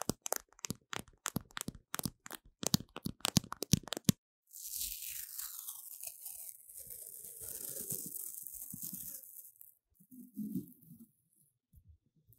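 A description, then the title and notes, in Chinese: Paper tape is handled close to a microphone. For the first four seconds, rapid sharp crackles come in quick bursts, then a long, bright tearing hiss slowly drops lower until about nine seconds, followed by a few soft thumps of pressing. 用紙膠帶裝飾雪怪MIC| Paper tape decorating the sound of the MIC | NoTalking。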